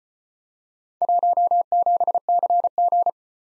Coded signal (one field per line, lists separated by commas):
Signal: Morse code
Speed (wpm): 34 wpm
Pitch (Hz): 700 Hz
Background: none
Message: 17CG